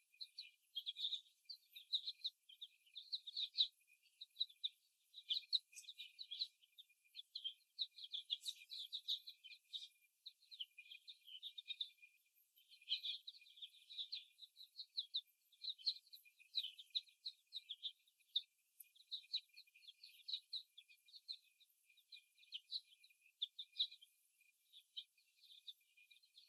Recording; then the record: young laying hens in a cage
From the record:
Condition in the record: after the stressor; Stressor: simulated dog barking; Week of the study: 1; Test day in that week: 1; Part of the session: 2